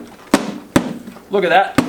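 A greased plastic side panel (airbox cover) on a Husqvarna dirt bike, in the 2016 to 2018 style plastic, is pressed on so its tabs push into the rubber grommets on the frame. Two sharp snaps sound at 0.3 s and 0.8 s, then someone talks briefly and another short sharp knock follows near the end. The clips snap in and the panel is seated.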